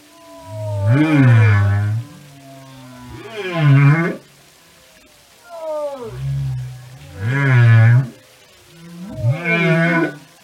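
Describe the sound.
Whale vocalizing with low, harmonic moans that dip and rise, five units in steady succession, some preceded by faint falling whistles.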